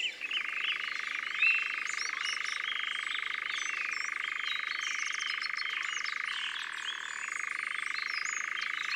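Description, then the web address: Unbroken European nightjar churr, a purring trill that falls briefly lower late on. Scattered high songbird notes sound behind it. "Engoulevent-d Europe abc-de-la-nature"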